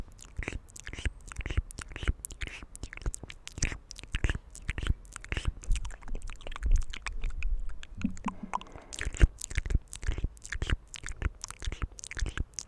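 Soft mouth sounds and hand sounds: a continual run of small wet clicks, smacks and chewing-like crunches, arriving several per second in an irregular rhythm. Around eight seconds a brief low hum-like tone appears, and a sharp click stands out near nine seconds.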